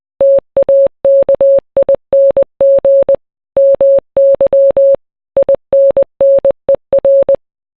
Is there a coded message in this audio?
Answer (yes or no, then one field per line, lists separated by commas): yes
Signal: Morse code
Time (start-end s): 0.2-7.4 s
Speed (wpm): 20 wpm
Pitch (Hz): 550 Hz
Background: none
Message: TAKING MY INNER